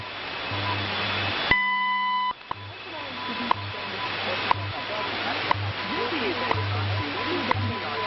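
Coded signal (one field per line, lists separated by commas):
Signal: radio time signal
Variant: WWV, WWVH, BPM mixed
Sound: ticks once a second, a short steady tone, low hum, over hissy static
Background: radio static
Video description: you can hear all of the stations in there at different points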